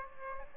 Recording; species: mosquito wingbeat signal from an infrared sensor; Aedes aegypti